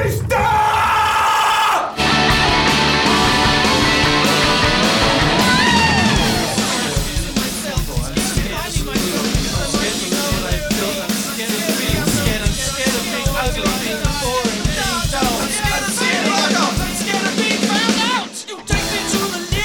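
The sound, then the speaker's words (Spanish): Loud rock music with several shouted vocal lines, each listing fears, piling on top of one another, dense and chaotic over driving instruments, building to a frantic wall of yelling before cutting out near the end. “Lo que acabamos de escuchar es el momento llamado Karaoke del Caos, donde enumera un montón de miedos que se superponen.”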